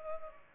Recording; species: mosquito wingbeat signal from an infrared sensor; Culex pipiens